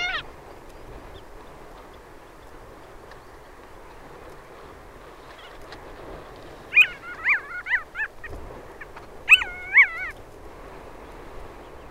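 Long-tailed skua giving nasal, wavering yelping calls in two short series over steady low background noise.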